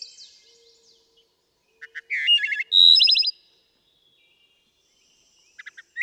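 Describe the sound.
Wood thrush singing a short introductory note series, a liquid fluted phrase and a buzzy high trill, followed by a pause and a new phrase beginning.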